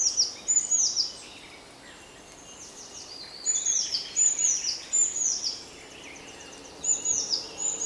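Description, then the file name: Eurasian blue tit giving rapid runs of high, thin, falling notes in several phrases separated by two pauses, over faint background noise. "Cyanistes caeruleus"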